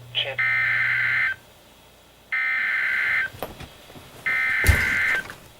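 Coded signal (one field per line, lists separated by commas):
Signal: Emergency Alert System (SAME) tones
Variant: header bursts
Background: speech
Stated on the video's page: Real Flood Warnings from NOAA weather radio station KHB36; an Oregon Scientific WR-3000 receiver fails to activate on the 1050 Hz tone.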